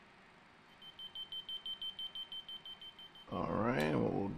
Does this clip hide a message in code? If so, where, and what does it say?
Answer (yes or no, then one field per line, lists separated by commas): no